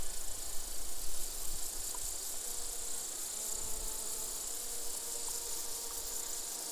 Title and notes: This gentle summer soundscape, featuring bees, grasshoppers and crickets, was recorded in an open meadow near the Col de Châtillon at an altitude of 1680 metres above sea level. Recorded by Colin Hunter